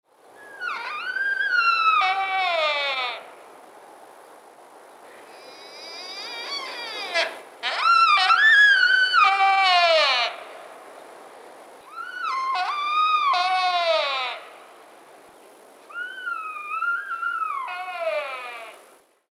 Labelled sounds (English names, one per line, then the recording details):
Sika Deer
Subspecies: pseudaxis
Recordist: Tembrock, Günter
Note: Hirsch: Langrufe